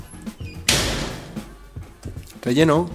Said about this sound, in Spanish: Que voy hacia la puerta. Mira, que voy a abrir la puerta.